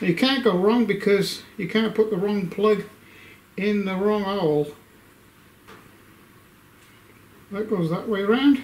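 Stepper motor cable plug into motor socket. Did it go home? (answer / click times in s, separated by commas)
no / none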